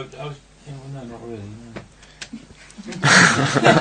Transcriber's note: laughter